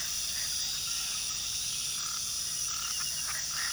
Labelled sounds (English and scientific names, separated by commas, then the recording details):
none
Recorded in pastures near Puerto Asís, Putumayo, Colombia, on 18 February 2024 at 00:00
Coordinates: 0.466, -76.323
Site G6384